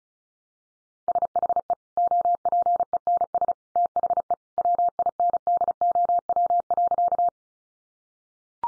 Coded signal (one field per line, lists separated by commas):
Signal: Morse code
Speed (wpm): 34 wpm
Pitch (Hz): 700 Hz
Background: none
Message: SHE OPENS THE WINDOW.